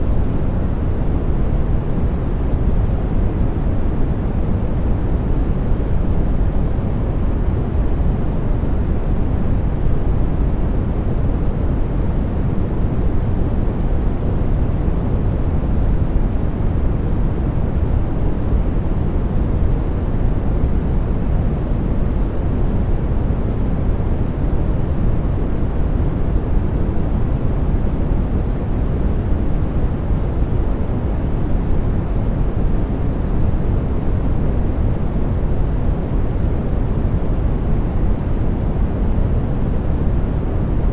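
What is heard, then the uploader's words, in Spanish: Deep brown noise blends with falling rain in a steady, dense rumble, heaviest in the lows, unchanging for the whole stretch. Ruido Marrón | Con Tonos Suaves de Lluvia. Combinación de los profundos tonos del Ruido Marrón con la serenidad atemporal de la lluvia cayendo. Esto resulta en un perfil de sonido profundo y de bajo retumbar, dominado por frecuencias más bajas.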